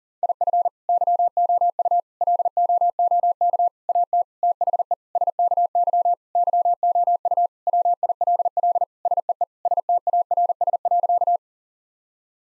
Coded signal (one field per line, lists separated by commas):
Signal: Morse code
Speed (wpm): 40 wpm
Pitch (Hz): 700 Hz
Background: none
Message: IF YOU LOOK AT THE SKY YOU WILL SEE STARS.